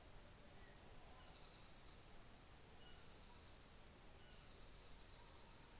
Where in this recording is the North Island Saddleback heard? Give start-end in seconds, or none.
1.19-5.55